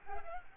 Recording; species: mosquito wingbeat signal from an infrared sensor; Aedes albopictus